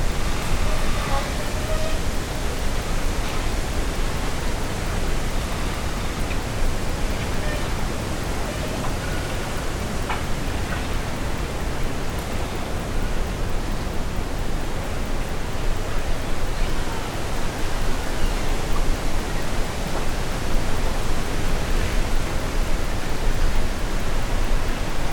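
Whispering trees make a steady, dense rush that runs the full length with no clear breaks, heaviest in the low and middle range and thinning toward the top. Faint short ticks and brief tonal touches surface now and then, most around the first few seconds.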